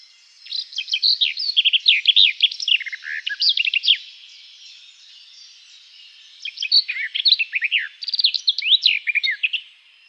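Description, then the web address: Garden Warbler song: rich, rapid warbled phrases delivered in two long bursts with a quiet gap between, soft background hiss throughout. "Schulze Peter Garden Warbler song"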